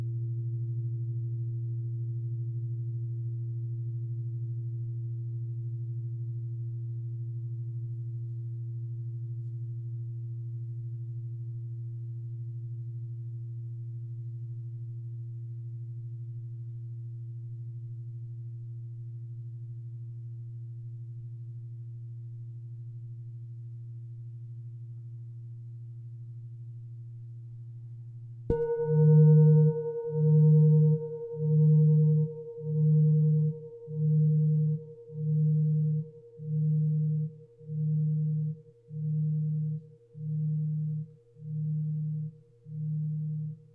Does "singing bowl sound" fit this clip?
yes